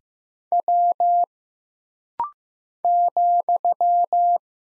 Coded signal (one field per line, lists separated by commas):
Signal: Morse code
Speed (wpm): 15 wpm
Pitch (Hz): 700 Hz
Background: none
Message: W ,